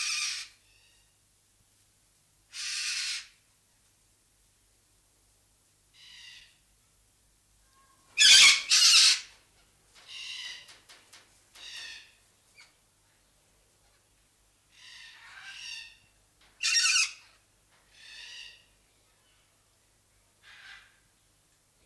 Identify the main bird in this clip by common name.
Major Mitchell's Cockatoo